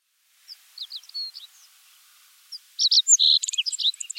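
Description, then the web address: Meadow bunting singing: scattered thin high notes, then after a pause a fast jumbled phrase of sharp chirps and buzzy trills, all high-pitched. "meadow bunting bird call"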